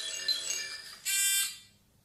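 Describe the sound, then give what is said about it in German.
A doorbell rings with two bright, buzzy electronic tones, the second one louder and shorter, then fades away. No one speaks. “Es klingelt an der Tür, o Gesetzgeber des Weltalls.”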